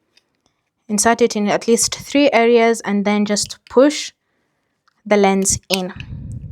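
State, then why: Not seated. A replacement plastic lens is lined up with a Ray-Ban Meta AI smart-glasses frame, started in at several points and pushed in, while someone talks. A few faint ticks are heard near 0.2, 0.5 and 4.9 seconds. Nothing has seated or snapped into the frame yet.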